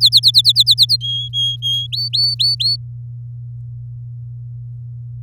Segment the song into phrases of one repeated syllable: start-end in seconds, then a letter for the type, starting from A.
0.01-0.97 A, 1.00-1.87 B, 1.92-2.76 C